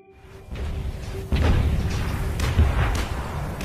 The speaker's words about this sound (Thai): เสียงระเบิดกึกก้องกัมปนาทจากปืนใหญ่นามพระยาตานียิ่งสนับสนุนกระสุนตกลงบริเวณฝ่ายพกค.